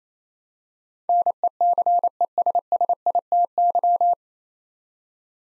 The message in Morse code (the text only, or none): NECESSITY